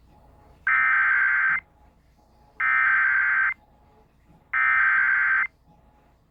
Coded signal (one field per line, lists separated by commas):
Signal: Emergency Alert System (SAME) tones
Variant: header bursts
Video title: eas svr Eas#320